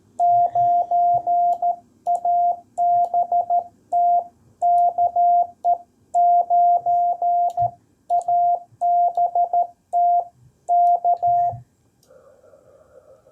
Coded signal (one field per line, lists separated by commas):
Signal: Morse code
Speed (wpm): 13 wpm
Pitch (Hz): 700 Hz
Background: none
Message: 9ABT KE9ABT K